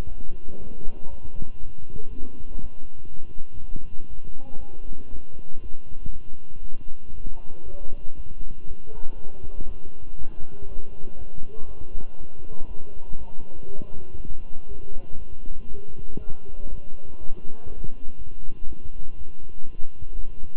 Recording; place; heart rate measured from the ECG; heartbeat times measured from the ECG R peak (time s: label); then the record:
heart sounds by stethoscope; between the tricuspid and mitral areas; 120 bpm
0.08 s: heartbeat
0.58 s: heartbeat
1.09 s: heartbeat
1.59 s: heartbeat
2.09 s: heartbeat
2.60 s: heartbeat
3.10 s: heartbeat
3.60 s: heartbeat
4.09 s: heartbeat
4.59 s: heartbeat
5.10 s: heartbeat
5.61 s: heartbeat
6.12 s: heartbeat
6.62 s: heartbeat
7.13 s: heartbeat
7.64 s: heartbeat
8.16 s: heartbeat
8.67 s: heartbeat
9.17 s: heartbeat
9.67 s: heartbeat
10.17 s: heartbeat
10.67 s: heartbeat
11.17 s: heartbeat
11.67 s: heartbeat
12.17 s: heartbeat
12.67 s: heartbeat
13.17 s: heartbeat
13.66 s: heartbeat
14.16 s: heartbeat
14.67 s: heartbeat
15.18 s: heartbeat
15.67 s: heartbeat
16.18 s: heartbeat
16.68 s: heartbeat
17.19 s: heartbeat
17.68 s: heartbeat
18.17 s: heartbeat
18.67 s: heartbeat
19.17 s: heartbeat
19.66 s: heartbeat
20.15 s: heartbeat
From the record:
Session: walking at 3.7 km/h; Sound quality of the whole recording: good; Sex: male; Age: 23 years